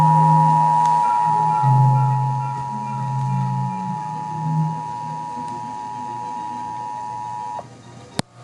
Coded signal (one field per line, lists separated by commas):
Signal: Emergency Alert System (SAME) tones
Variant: 853 and 960 Hz attention tone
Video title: EAS Green Screen